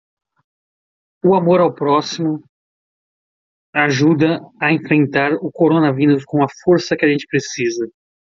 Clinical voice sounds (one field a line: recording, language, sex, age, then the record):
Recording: spoken sentence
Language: Brazilian Portuguese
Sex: male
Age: 40 to 49 years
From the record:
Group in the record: control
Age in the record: 44 years